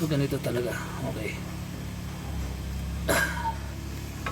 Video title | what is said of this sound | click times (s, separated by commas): Pajero 4m40, 4D56 speedometer sensor replaced budget meal Diy | hindi nagla-lock okay | none